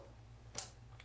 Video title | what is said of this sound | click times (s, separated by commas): Removal and Servicing of Clutch Master Cylinder to Slave Cylinder Connections | Should have heard a nice audible click as that clip locks onto the shoulder of that connector. | 0.6 s